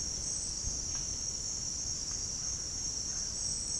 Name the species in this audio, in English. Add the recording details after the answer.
Russet-backed Oropendola. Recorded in dense forest near Puerto Asís, Putumayo, Colombia, on 29 June 2025 at 07:30. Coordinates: 0.481, -76.323. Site G072